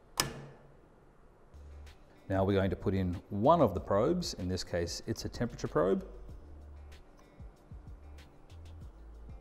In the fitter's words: Again, no tools, and here you go, listen for the click.